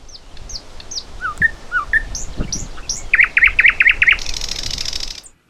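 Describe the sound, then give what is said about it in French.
Thrush nightingale song, a bird of northern Europe and sister species of the common nightingale: whistled notes and chirps, then a rapid series of five or six sharp repeated phrases, ending in a loud buzzy rattling trill, with no voices. “Alors on va réécouter juste pour être sûr, donc le rossignol progné, c'est ça.”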